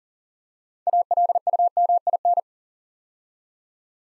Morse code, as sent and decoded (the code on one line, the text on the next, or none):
.- .-.. ..- -- .. -.
ALUMIN